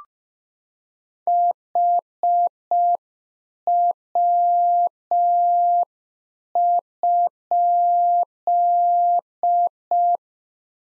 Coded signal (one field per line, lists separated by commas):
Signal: Morse code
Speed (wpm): 5 wpm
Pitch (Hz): 700 Hz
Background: none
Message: HW?